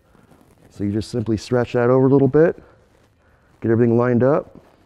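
An electrical connector's retaining clip is being stretched over slightly and lined up on a new mounting spot on the aluminum helmet-lock bracket under the seat of a Wunderlich F900 XR / F900 R motorcycle. Across the 4.9 s clip, someone talks from about 0.8 s to 2.5 s and again from about 3.6 s to 4.4 s, with quiet stretches between. The clip has not seated or clicked onto the bracket yet.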